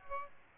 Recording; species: mosquito wingbeat signal from an infrared sensor; Aedes aegypti